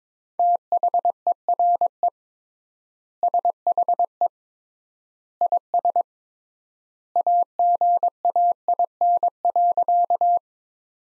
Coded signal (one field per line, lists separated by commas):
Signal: Morse code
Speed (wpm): 22 wpm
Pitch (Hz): 700 Hz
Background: none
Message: THERE SHE IS AGAIN.